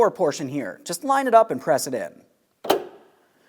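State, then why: Seated. Someone talks as the lower socket of a rear back glass gas lift support on a 2003-2008 Toyota Matrix is lined up and pressed onto its body ball stud. After a short pause, a sharp click at 2.7 s marks the socket seating on the stud, so it will not slide out of place.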